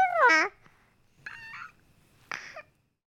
Crying baby sound effects the hollywood edge sound effects library.